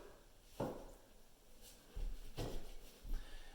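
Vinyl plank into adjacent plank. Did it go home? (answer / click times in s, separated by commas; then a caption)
yes / 0.6 s. A vinyl floor plank's click-lock edge is pressed into the neighbouring plank, giving a single short snap at the joint at 0.6 s, followed by a few duller knocks. The plank locks in place and is seated.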